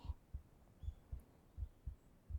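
A calm, steady adult heartbeat heard close up: soft, low-pitched paired thumps repeating at a normal, even rate of about 78 beats per minute. A normal heartbeat.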